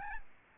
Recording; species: mosquito wingbeat signal from an infrared sensor; Aedes albopictus